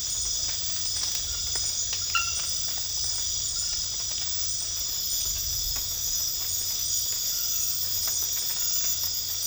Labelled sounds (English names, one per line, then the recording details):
none
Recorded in dense forest near Puerto Asís, Putumayo, Colombia, on 8 March 2025 at 00:30
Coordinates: 0.484, -76.325
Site G045